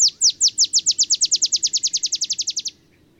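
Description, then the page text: Olive sparrow song: over twenty bright, downslurred chips in a fast series that speeds up and stops cleanly. Singing in early morning in Texas, 50 miles north of the Mexican border; simple songs likened to a field sparrow's bouncing-ball song. "Olive sparrow. Recording early morning just 50 miles north of the Mexican border in Texas"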